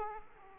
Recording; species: mosquito wingbeat signal from an infrared sensor; Aedes aegypti